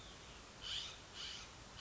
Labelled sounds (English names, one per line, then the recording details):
California Scrub-Jay
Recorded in Sonoma County, California